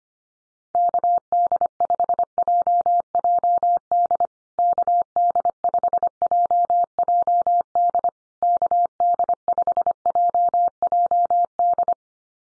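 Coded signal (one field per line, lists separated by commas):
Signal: Morse code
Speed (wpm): 25 wpm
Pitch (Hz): 700 Hz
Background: none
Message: KD5JJD KD5JJD KD5JJD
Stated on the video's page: Morse code drill at 25 wpm: USA call signs each sent three times for head-copy practice, then spoken, then sent again.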